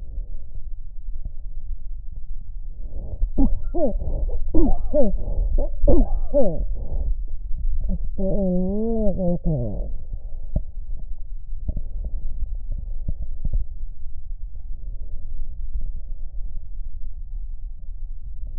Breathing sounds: lung sounds by stethoscope; right anterior apical chest; quiet breathing, then cough and speech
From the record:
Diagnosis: interstitial lung disease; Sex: female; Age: 74 years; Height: 150 cm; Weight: 69.8 kg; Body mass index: 31.0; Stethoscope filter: extended mode

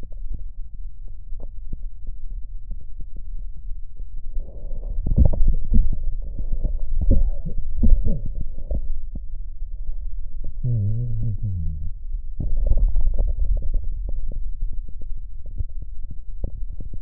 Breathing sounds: lung sounds by stethoscope; left posterior basal chest; quiet breathing, then cough and speech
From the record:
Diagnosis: COPD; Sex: male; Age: 70 years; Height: 174 cm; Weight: 94 kg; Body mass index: 31.0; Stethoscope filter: extended mode

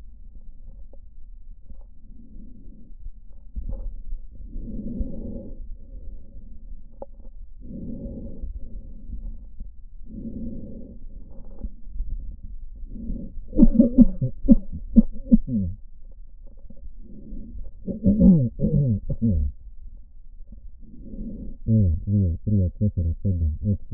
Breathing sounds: lung sounds by stethoscope; left posterior basal chest; quiet breathing, then cough and speech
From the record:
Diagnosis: none (healthy); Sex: male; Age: 45 years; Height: 173 cm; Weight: 92 kg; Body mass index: 30.7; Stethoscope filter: diaphragm mode

